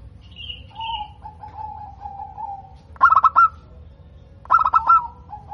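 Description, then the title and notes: Zebra dove song: a soft rolling trill and a faint high whistle, then two bursts of quick staccato cooing notes. Local-type perkutut, described as singing often (gacor) with a crystal-clear, loud voice. "PERKUTUT LOKAL GACOR Suara KRISTAL LANTANG. Kicau Burung Perkutut"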